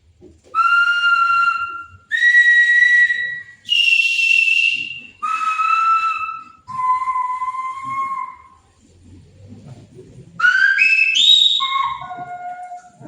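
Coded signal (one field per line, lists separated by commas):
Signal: whistled language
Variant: Silbo Gomero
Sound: clear whistled notes held about a second each at varying pitches, then rapid pitch steps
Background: room noise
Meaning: The vowels A, E, O, U are whistled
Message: A, E, O, U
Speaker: Vamos a silbar las mismas A, E, O, U por todos ellos para que vean las diferencias de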